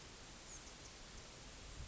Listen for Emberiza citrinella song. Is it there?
no